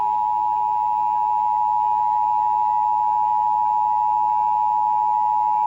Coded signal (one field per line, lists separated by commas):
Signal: Emergency Alert System (SAME) tones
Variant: 853 and 960 Hz attention tone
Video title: EAS Short | MD RMT.